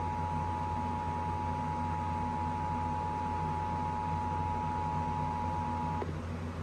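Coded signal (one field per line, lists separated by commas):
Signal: Emergency Alert System (SAME) tones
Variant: 853 and 960 Hz attention tone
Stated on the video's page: Monthly EAS tests recorded off FM radio and TV stations in the San Francisco and Sacramento areas, early morning.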